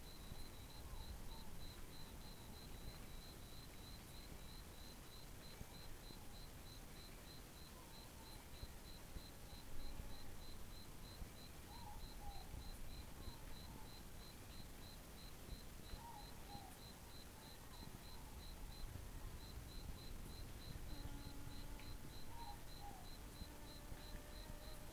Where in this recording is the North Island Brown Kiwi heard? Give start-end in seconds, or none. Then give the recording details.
0.00-20.28. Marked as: faintness 5/5. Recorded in New Zealand on 11 December 2014. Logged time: 22:44. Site CF20